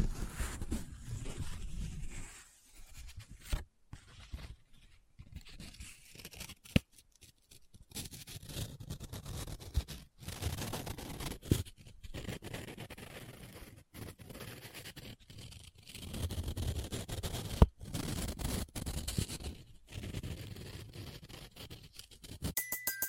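Paper is handled, close up, with folding, rubbing and crinkling in uneven bursts. Soft scraping stretches alternate with sharp crackles and brief quiet gaps, a few louder snaps around 7 and 18 seconds, and a bright crinkle at the very end.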